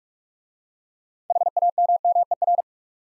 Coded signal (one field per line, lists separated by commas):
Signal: Morse code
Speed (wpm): 44 wpm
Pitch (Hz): 700 Hz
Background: none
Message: HAMMER